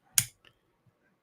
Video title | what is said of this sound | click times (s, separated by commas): Random Everything Starts at $1 | It does have a nice click to it, though. | 0.2 s